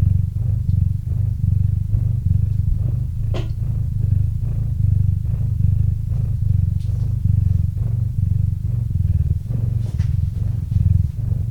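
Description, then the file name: Cat purring, continuous low rumble with rapid regular pulses and a few faint clicks. Cat named Murchik purring into a microphone. "Kot Murchik - Murchanie kota kot murchal v mikrofon"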